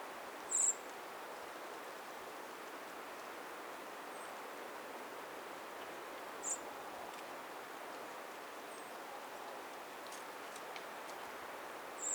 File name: Turdus merula